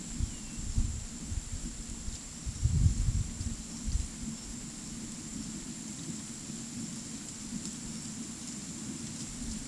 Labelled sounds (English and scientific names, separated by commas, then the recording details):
none
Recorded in secondary vegetation near Puerto Asís, Putumayo, Colombia, on 22 December 2024 at 14:30
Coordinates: 0.468, -76.324
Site G095